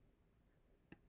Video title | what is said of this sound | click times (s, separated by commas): How to Re-Ink 2000 Plus HD Self-Inking Quick Dry Stamps | and push down until the handle fully clicks back into place | 0.9 s